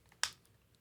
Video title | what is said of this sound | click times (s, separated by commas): Logitech G915 TKL Live Review | everything snaps into place it's got really good build quality no Bend like no Bend nothing | 0.2 s